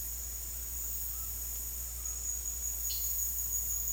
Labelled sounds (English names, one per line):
none